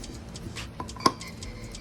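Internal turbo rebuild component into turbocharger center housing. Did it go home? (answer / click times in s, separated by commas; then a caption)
yes / 1.1 s. During a DIY rebuild of a 19T V2 turbocharger being upgraded to 20T on a BMW 335i N54, an oiled internal part, lubricated so it goes in smoothly without scratching, is pressed into the metal center housing. A faint tick at 0.8 s is followed by a sharp, loud click at 1.1 s, which marks the part as properly seated.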